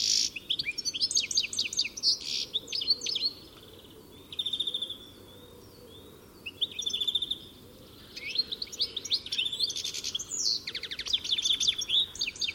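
Bird chirping in quick high bursts, broken by a few quieter stretches, then resuming busily with fast repeated notes.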